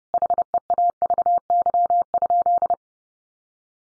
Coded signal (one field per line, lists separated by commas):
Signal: Morse code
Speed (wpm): 30 wpm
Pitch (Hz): 700 Hz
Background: none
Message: HEAVY?